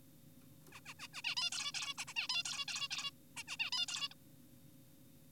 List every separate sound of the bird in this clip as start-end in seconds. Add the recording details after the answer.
0.72-0.80, 0.86-0.94, 1.00-1.08, 1.14-1.22, 1.24-1.35, 1.37-1.50, 1.53-1.72, 1.74-1.94, 1.98-2.05, 2.08-2.14, 2.16-2.28, 2.30-2.43, 2.45-2.65, 2.68-2.88, 2.91-3.11, 3.37-3.43, 3.48-3.57, 3.60-3.70, 3.72-3.86, 3.88-4.08, 4.11-4.14. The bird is an adult. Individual g4p5U